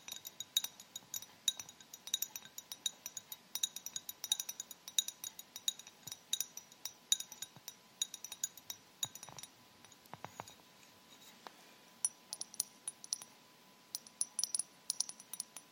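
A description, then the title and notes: Quick, bright tapping with hard, glassy clicks comes in dense bursts, thinning out around the middle, with a faint steady tone underneath. ASMR Tapping With Rhinestone Fingers. In this video it's all about TAPPING on many different surfaces.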